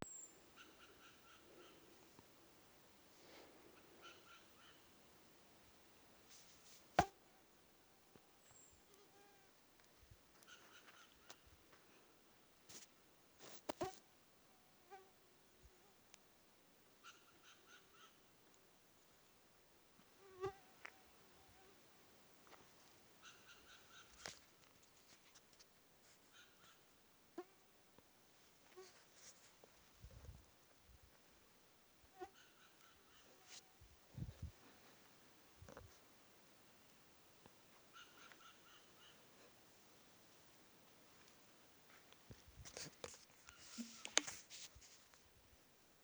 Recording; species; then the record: mosquito flight sound by mobile phone; Aedes sierrensis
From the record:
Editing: field recording with all noises